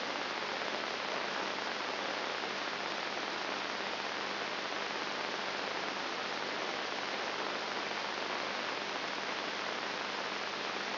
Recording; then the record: brain microelectrode recording played as sound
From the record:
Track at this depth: inside the subthalamic nucleus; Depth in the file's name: 0.707 mm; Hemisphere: left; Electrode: 3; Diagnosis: Parkinson's disease